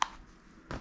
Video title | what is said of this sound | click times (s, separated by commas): $40 Goggles vs BEST Goggle Money Can Buy ??!! ON SNOW Review at Park City Woodward | This guy just snaps right into place | 0.0 s